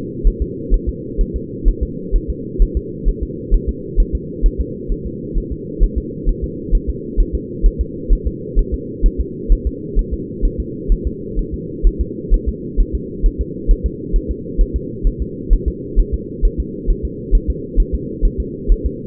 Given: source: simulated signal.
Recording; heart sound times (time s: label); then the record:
fetal heart sounds
0.28 s: S1
0.42 s: S2
0.74 s: S1
0.89 s: S2
1.21 s: S1
1.36 s: S2
1.69 s: S1
1.83 s: S2
2.16 s: S1
2.30 s: S2
2.62 s: S1
2.77 s: S2
3.09 s: S1
3.23 s: S2
3.54 s: S1
3.69 s: S2
4.00 s: S1
4.15 s: S2
4.46 s: S1
4.61 s: S2
4.92 s: S1
5.06 s: S2
5.38 s: S1
5.52 s: S2
5.83 s: S1
5.98 s: S2
6.29 s: S1
6.44 s: S2
6.75 s: S1
6.89 s: S2
7.20 s: S1
7.35 s: S2
7.66 s: S1
7.81 s: S2
8.13 s: S1
8.27 s: S2
8.59 s: S1
8.74 s: S2
9.06 s: S1
9.20 s: S2
9.52 s: S1
9.67 s: S2
9.99 s: S1
10.14 s: S2
10.45 s: S1
10.60 s: S2
10.92 s: S1
11.07 s: S2
11.39 s: S1
11.54 s: S2
11.87 s: S1
12.01 s: S2
12.34 s: S1
12.48 s: S2
12.80 s: S1
12.95 s: S2
13.26 s: S1
13.41 s: S2
13.71 s: S1
13.86 s: S2
14.16 s: S1
14.31 s: S2
14.61 s: S1
14.76 s: S2
15.07 s: S1
15.22 s: S2
15.53 s: S1
15.68 s: S2
16.00 s: S1
16.14 s: S2
16.45 s: S1
16.60 s: S2
16.90 s: S1
17.05 s: S2
17.35 s: S1
17.50 s: S2
17.80 s: S1
17.94 s: S2
18.25 s: S1
18.40 s: S2
18.72 s: S1
18.86 s: S2
From the record:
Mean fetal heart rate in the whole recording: 130 bpm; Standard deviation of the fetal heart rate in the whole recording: 4 bpm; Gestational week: 38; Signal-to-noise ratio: -4.1 dB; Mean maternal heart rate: no maternal heart sound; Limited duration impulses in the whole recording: absent